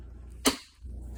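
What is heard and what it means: A twist-lock part in a dishwasher base, likely the pressure sensor connected to its cable, is turned after the dishwasher is tipped back over. A single sharp snap at 0.5 s confirms it has locked into place. Low background hum is heard before and after.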